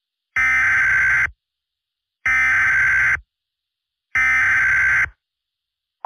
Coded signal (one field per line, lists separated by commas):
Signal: Emergency Alert System (SAME) tones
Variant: header bursts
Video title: EAS Scenario: Late 4th of July Day Special: Independence Day Nightmare